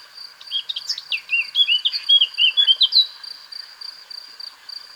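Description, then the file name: Eurasian blackcap giving a rapid varied warble, with a continuous high-pitched insect buzz behind. "Sylvia atricapilla"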